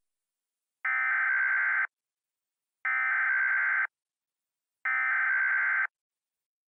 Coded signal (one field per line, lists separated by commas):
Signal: Emergency Alert System (SAME) tones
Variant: header bursts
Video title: Hospital Fire Outbreak (EAS Scenario)